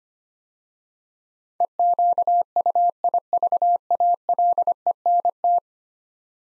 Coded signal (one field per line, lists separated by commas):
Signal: Morse code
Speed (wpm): 25 wpm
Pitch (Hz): 700 Hz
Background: none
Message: EQUIVALENT